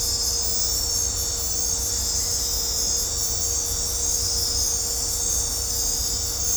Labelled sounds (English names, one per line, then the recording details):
none
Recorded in dense forest near Puerto Asís, Putumayo, Colombia, on 26 December 2024 at 23:30
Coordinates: 0.503, -76.323
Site G043